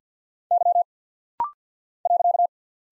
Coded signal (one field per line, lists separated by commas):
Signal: Morse code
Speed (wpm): 48 wpm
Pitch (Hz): 700 Hz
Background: none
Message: Y .